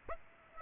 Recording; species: mosquito wingbeat signal from an infrared sensor; Aedes aegypti